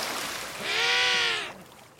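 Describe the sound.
Emperor Penguin giving one drawn-out, harmonic trumpeting call lasting nearly a second, over a steady rushing, hissing background.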